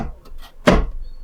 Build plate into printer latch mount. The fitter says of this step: vient glisser notre plateau comme ça et on entend le clic